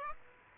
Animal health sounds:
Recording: mosquito wingbeat signal from an infrared sensor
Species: Aedes aegypti

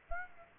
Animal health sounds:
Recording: mosquito wingbeat signal from an infrared sensor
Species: Aedes aegypti

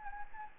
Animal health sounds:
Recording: mosquito wingbeat signal from an infrared sensor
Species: Anopheles gambiae

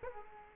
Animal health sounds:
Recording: mosquito wingbeat signal from an infrared sensor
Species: Culex quinquefasciatus

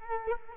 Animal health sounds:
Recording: mosquito wingbeat signal from an infrared sensor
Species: Culex quinquefasciatus

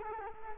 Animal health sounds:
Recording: mosquito wingbeat signal from an infrared sensor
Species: Culex quinquefasciatus

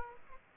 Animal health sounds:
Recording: mosquito wingbeat signal from an infrared sensor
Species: Aedes aegypti

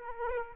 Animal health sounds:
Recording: mosquito wingbeat signal from an infrared sensor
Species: Aedes aegypti

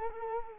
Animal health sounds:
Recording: mosquito wingbeat signal from an infrared sensor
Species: Culex quinquefasciatus

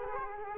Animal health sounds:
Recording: mosquito wingbeat signal from an infrared sensor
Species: Culex quinquefasciatus

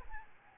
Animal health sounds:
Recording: mosquito wingbeat signal from an infrared sensor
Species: Aedes albopictus

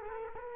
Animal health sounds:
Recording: mosquito wingbeat signal from an infrared sensor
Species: Culex quinquefasciatus

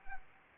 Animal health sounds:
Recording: mosquito wingbeat signal from an infrared sensor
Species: Anopheles arabiensis

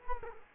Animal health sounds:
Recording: mosquito wingbeat signal from an infrared sensor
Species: Culex quinquefasciatus

